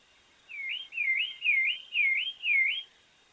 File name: Sonido ZORZAL COLORADO